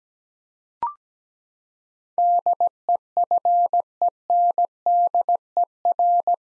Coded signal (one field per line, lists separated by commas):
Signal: Morse code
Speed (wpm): 17 wpm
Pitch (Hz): 700 Hz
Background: none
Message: DEFENDER